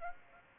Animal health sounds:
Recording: mosquito wingbeat signal from an infrared sensor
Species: Aedes aegypti

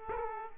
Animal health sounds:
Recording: mosquito wingbeat signal from an infrared sensor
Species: Aedes aegypti

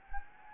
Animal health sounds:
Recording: mosquito wingbeat signal from an infrared sensor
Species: Anopheles gambiae

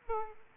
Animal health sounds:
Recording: mosquito wingbeat signal from an infrared sensor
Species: Aedes aegypti

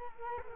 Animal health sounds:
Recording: mosquito wingbeat signal from an infrared sensor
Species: Culex quinquefasciatus

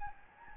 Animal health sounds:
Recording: mosquito wingbeat signal from an infrared sensor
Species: Anopheles gambiae

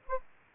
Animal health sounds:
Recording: mosquito wingbeat signal from an infrared sensor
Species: Anopheles arabiensis

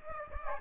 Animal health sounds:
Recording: mosquito wingbeat signal from an infrared sensor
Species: Aedes aegypti

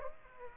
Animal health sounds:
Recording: mosquito wingbeat signal from an infrared sensor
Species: Aedes aegypti

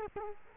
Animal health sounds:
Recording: mosquito wingbeat signal from an infrared sensor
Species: Culex quinquefasciatus

